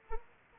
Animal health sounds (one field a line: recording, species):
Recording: mosquito wingbeat signal from an infrared sensor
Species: Anopheles arabiensis